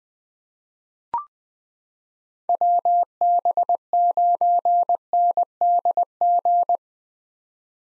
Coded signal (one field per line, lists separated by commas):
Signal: Morse code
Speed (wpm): 20 wpm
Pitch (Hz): 700 Hz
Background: none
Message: WB9NDG